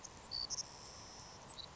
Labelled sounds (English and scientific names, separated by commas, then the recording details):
Savannah Sparrow (Passerculus sandwichensis)
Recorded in Sonoma County, California